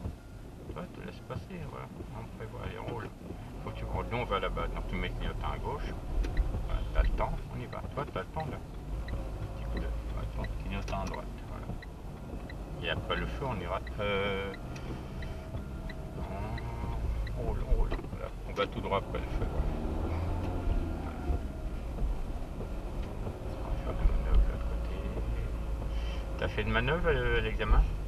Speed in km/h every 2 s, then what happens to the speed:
0, 3, 13, 14, 15, 13, 16, 16, 12, 23, 24, 29, 28, 26.
0-5 pulls away to 14. 5-16 steady at about 14. 16-22 speeds up to 29. 22-28 steady at about 28.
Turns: none.